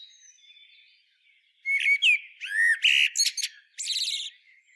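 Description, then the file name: Common blackbird calls: a thin whistle, then loud grating chatters and squawks packed into about three seconds. "Turdus merula"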